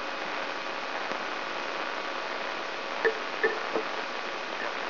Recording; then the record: brain microelectrode recording played as sound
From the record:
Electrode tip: inside the subthalamic nucleus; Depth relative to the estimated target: 2.5 mm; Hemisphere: right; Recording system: AlphaMap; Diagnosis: Parkinson's disease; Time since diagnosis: 23 years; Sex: male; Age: 65 years